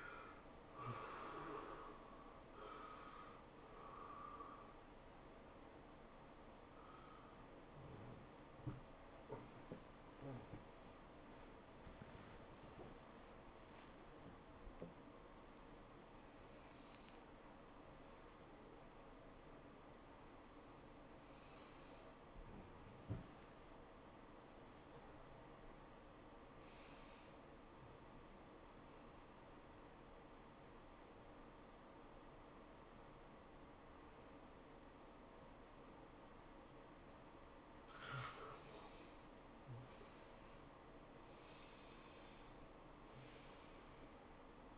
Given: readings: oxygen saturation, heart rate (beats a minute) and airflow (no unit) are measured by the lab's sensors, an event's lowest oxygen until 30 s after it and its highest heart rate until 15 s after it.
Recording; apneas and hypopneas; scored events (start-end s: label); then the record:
a person awake in a sleep study, by a voice recorder at the bedside; 2
0.00-29.00 s: awake
6.00-19.50 s: hypopnea (scored as awake, oxygen 96% highest, then 84% lowest, heart rate 103 at the start, 108 highest)
24.00-44.78 s: new sleep stage, N1 (lightest sleep)
29.00-40.60 s: hypopnea (N1, oxygen 92% highest, then 84% lowest, heart rate 108 at the start, 108 highest)
From the record:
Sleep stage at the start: awake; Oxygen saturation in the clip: 73 to 96%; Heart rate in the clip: 91 to 108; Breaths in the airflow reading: 9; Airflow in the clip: -15.6 to 11.8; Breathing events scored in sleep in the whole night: 403 in 5.5 hours asleep